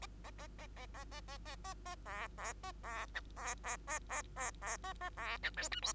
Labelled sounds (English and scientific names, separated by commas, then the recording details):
Bengalese Finch (Lonchura striata domestica) song
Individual Bird2